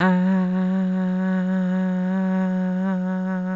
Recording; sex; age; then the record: sustained vowel /a/; female; 50 to 59 years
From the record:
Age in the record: 56 years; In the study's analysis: excluded